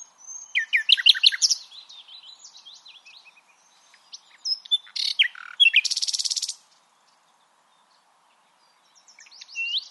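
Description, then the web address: Common nightingale song with rich mixed phrases, sharp chirps and a loud harsh buzzy rattle, followed by silence and a faint new phrase. "SETE Luscinia megarhynchos"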